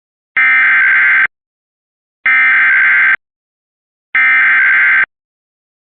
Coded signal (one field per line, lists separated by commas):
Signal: Emergency Alert System (SAME) tones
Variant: header bursts